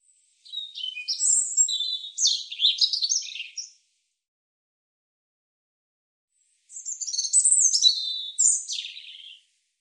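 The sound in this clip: European robin delivering two sparkling high-pitched phrases of warbles, squeaky whistles and brief trills, each about three seconds long, separated by a quiet pause.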